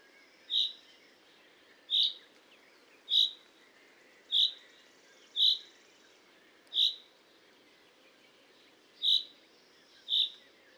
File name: Fringilla coelebs